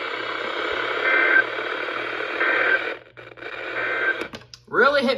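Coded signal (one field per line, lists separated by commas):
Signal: Emergency Alert System (SAME) tones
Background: speech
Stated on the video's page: Real captured EAS alerts for floods, high winds and thunderstorms from Central Virginia.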